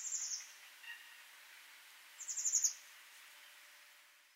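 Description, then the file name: Eurasian blue tit calls: two thin, high, buzzy chattering bursts a couple of seconds apart, fairly quiet against a soft hiss. "Cyanistes caeruleus"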